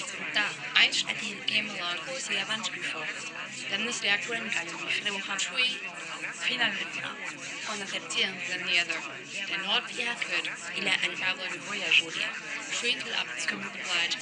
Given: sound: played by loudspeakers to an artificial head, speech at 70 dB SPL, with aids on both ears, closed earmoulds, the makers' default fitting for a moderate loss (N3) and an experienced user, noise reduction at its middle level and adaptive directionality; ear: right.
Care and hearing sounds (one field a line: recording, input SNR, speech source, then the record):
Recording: speech test signal (ISTS) in cocktail-party noise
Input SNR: 0 dB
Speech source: in front (0 degrees)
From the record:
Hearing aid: class 2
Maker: G